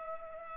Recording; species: mosquito wingbeat signal from an infrared sensor; Culex pipiens